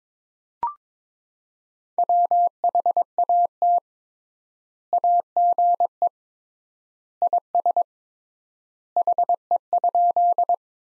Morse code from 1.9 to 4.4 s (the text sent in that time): WHAT